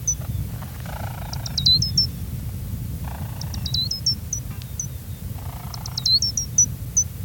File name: grays lark